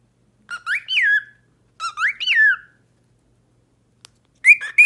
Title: Canto De 1 Hora Para Treinar Calopsita